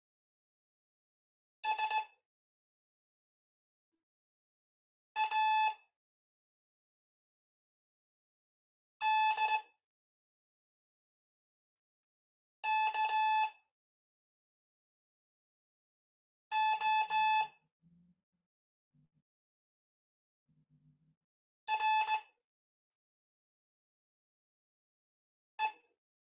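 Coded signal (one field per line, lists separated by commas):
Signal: Morse code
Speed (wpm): 17 wpm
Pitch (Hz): 870 Hz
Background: none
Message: S A D K O R E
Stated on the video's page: Spanish Morse telegraphy course lesson 5 introducing letters S and O, with review and mixed dictation drills.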